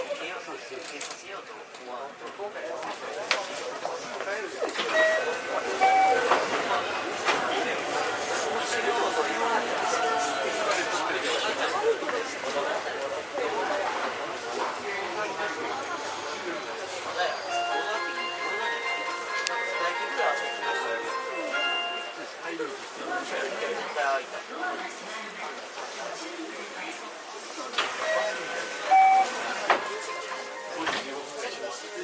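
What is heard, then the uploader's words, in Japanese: A JR 323 series train runs with a steady, dense rumble and hiss throughout, with voices talking over it for much of the time. Whining motor tones rise and shift in steps, most clearly around the middle and again near the end. JR323系 桃谷→桃谷。朝早くに乗車して録音しましたが、そこそこ乗客がおり、少し声が聞こえます。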